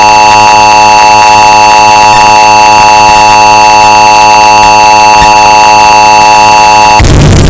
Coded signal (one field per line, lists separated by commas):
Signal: Emergency Alert System (SAME) tones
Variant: 853 and 960 Hz attention tone